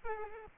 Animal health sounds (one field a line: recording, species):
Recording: mosquito wingbeat signal from an infrared sensor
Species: Aedes albopictus